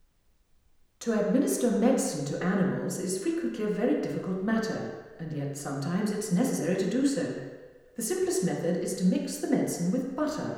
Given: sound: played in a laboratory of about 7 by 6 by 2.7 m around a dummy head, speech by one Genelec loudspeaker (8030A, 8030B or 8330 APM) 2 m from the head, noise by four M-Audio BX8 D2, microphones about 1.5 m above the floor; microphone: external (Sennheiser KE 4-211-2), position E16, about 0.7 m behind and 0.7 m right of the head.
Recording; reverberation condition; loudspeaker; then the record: female speech in English; high; behind (180 degrees)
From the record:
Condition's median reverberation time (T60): about 1300 ms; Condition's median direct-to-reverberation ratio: about -4.0 dB